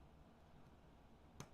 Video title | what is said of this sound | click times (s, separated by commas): Building the Starry Night lego Set - Part 3 | going to snap in | 1.4 s